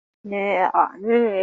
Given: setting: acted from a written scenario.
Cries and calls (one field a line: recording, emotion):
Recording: vocal sound without words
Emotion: contempt